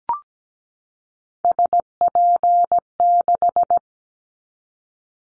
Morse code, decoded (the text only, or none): SP6